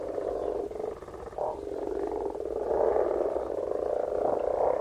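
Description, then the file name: Frogs calling together in a thick, unbroken chorus of rough, rapid croaks that swell slightly louder toward the end. "Frogs - Frog voises Sounds captured"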